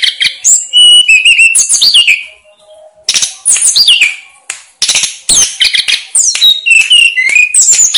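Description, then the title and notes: Snowy-browed flycatcher song: rapid high chirps and whistled slurs in long energetic phrases, a brief low tone between them, then more dense twittering. Masteran recording made for training cage birds; local names Tledekan Gunung and Sikatan Gunung. "Masteran Tledekan Gunung Sikatan Gunung 1. BURUNG TLEDEKAN"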